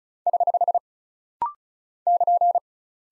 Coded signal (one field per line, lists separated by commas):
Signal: Morse code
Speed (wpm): 36 wpm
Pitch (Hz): 700 Hz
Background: none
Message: <HH> <KN>